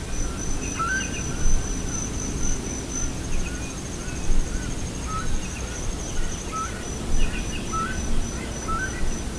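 Bird calls, short faint chirps repeated at uneven intervals over a steady high insect buzz and low rumbling background noise.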